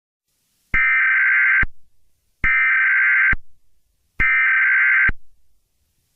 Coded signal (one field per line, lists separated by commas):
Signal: Emergency Alert System (SAME) tones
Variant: header bursts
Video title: EAS scenario: Chicken jockey